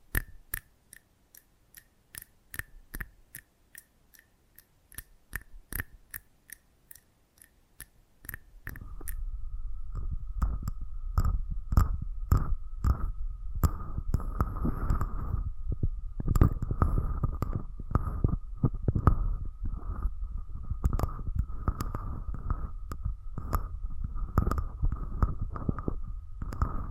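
Close up mic treatment. For the first eight seconds, fast regular clicks tick along over near silence. Then a loud, dense low rumbling and scraping takes over to the end, with a steady bright tone running through it and irregular crackling bursts.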